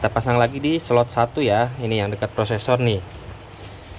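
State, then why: Not seated. A RAM module is being handled to go into DIMM slot 1, the slot next to the processor, on a B150M motherboard with a 6th-generation Core i5. Someone talks throughout, with the voice fading into quiet background noise near the end. Nothing has seated or clicked yet.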